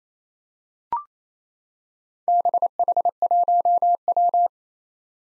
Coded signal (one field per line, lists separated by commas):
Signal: Morse code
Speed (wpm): 27 wpm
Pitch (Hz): 700 Hz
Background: none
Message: BH1W